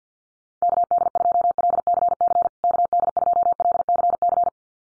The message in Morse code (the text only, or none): KD2LCC KD2LCC